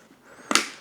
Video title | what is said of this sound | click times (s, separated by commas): STOP - How To Install Your Arai Visor THE CORRECT WAY! | this visor down and you should hear it click into a position. | 0.6 s